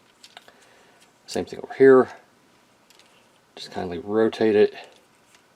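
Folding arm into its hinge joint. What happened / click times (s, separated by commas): The folding arm is being handled but has not yet locked into place / none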